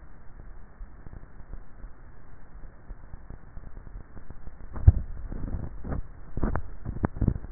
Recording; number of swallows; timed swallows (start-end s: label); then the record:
swallowing sounds by neck microphone; 2
4.82-6.05 s: swallow
6.45-7.28 s: swallow
From the record:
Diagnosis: dysphagia